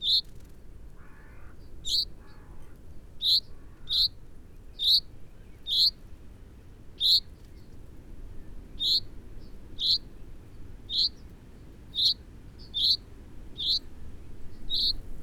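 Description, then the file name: Common chaffinch calls: many sharp, high 'pink' notes, with a few softer low notes early on and faint background rumble. "Fringilla coelebs"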